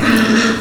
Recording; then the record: squeal of a Yucatan mini pig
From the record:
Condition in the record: after surgery on the right vocal fold (resection and tissue-engineered implant); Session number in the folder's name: 6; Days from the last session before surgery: 40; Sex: female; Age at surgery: 19 weeks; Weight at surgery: 25 kg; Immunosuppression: prednisolone